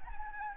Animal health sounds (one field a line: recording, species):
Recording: mosquito wingbeat signal from an infrared sensor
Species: Anopheles gambiae